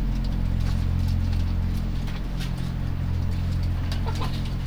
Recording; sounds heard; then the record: poultry house recording; sick chickens (respiratory disease)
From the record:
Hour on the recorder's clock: 3